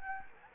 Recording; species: mosquito wingbeat signal from an infrared sensor; Anopheles gambiae